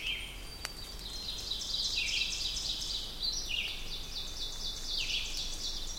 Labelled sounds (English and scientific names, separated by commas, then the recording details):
Ovenbird (Seiurus aurocapilla) song
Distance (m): 65 m
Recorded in boreal forest in Alberta, Canada, on 2 June 2016 at 08:20
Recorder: SongMeter 3, array SBT-3-7
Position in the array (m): 24 m, 134 m
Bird 4